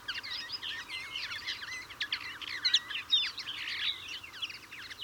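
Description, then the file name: European greenfinch twittering calls, rapid chirps and trills over a steady low background hiss. "Chloris chloris"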